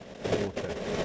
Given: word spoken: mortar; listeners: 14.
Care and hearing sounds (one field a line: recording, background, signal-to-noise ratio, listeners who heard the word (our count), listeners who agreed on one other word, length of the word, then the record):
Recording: one English word in noise, from a listening test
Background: noise modulated by three-talker babble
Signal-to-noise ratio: -5.4 dB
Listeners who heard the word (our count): 0 of 14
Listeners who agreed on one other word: 8 of 14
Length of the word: 0.65 s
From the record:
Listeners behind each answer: 8, 1, 1, 1, 1, 1, 1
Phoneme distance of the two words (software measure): 10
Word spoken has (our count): 2 syllables, 4 phonemes, stress on syllable 1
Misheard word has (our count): 2 syllables, 4 phonemes, stress on syllable 1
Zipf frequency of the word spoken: 3.65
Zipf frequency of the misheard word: 5.53